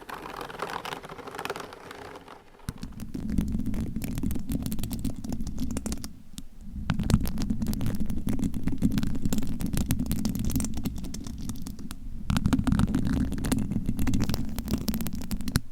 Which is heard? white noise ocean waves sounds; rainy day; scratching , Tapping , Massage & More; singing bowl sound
scratching , Tapping , Massage & More